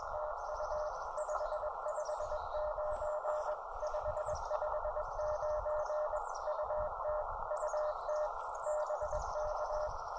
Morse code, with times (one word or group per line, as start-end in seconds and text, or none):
0.1-0.9 TU
1.2-3.5 559
3.8-6.2 559
6.5-7.2 UT
7.5-8.3 UT
8.7-9.9 BK